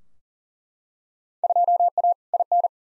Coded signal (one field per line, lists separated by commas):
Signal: Morse code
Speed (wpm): 40 wpm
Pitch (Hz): 700 Hz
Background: none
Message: 2A IN